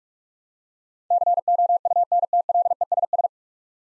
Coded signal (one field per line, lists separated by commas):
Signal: Morse code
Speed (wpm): 42 wpm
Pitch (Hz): 700 Hz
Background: none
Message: COUNTLESS